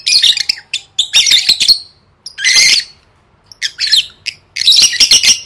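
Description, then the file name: Lovebird squawking in harsh, noisy bursts, several grouped calls separated by short pauses. "tieng vet mau don"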